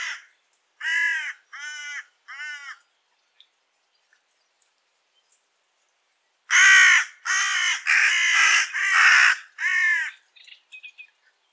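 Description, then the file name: Carrion crow calling several hoarse caws, then a pause of several seconds before a louder burst of several rasping caws in quick succession. "Corvus corone"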